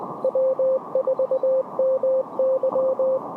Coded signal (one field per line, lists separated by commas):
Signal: Morse code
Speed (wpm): 21 wpm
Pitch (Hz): 530 Hz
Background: radio noise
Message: W4MY